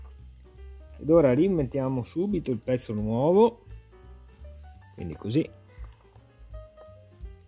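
A new plastic Walbro primer bulb, replacing a cracked one, is handled and brought toward its seat on the carburetor of an Oleo-Mac BV300 leaf blower. Someone talks over background music, with a few faint handling taps. The clip ends before the bulb goes home, so nothing has seated or clicked yet.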